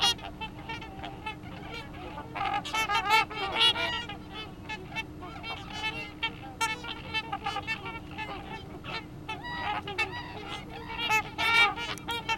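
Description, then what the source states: Swans calling in a busy flock, overlapping harmonic honks and bugling notes that come in irregular bursts and crowd together around three to four seconds and near the end. 30 December 2014.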